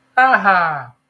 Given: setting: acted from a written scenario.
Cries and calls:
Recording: vocal sound without words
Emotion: positive surprise

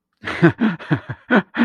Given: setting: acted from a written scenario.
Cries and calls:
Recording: vocal sound without words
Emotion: amusement

